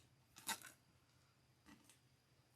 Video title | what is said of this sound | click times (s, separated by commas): Easy UITC Flower Mesh Wreath Tutorial - Stunning Summer & Fall Door Decor | want to also close your zip ties just till you hear a click or two to make sure you have them on correctly. | 0.4 s, 0.5 s, 0.6 s